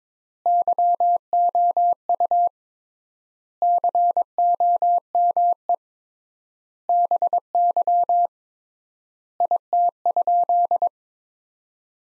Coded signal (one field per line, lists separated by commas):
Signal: Morse code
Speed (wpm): 21 wpm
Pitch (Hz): 700 Hz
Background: none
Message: YOU COME BY IT?